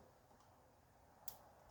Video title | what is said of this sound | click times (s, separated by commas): How replace Denso coil boots and springs Toyota 2.4 2AZFE | i heard it click | 1.3 s